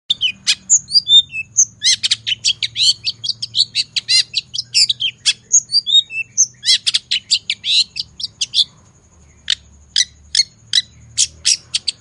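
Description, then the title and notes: Long-tailed shrike song: a fast, varied stream of sharp high chirps and short whistled slurs, briefly pausing near nine seconds before resuming with evenly spaced clipped notes. Morning recording of singing long-tailed shrike used as a lure; song described as energetic and full of fill phrases with 'toet toet' variations. "Cendet Gacor Dor Di Kala Pagi Toet Toet Variasi Suara. Pancingan Cendet FULL Isian GACOR DOR. Burung cendet"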